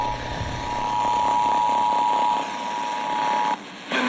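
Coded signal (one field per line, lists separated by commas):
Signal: Emergency Alert System (SAME) tones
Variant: 853 and 960 Hz attention tone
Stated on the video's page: Received severe weather EAS alerts.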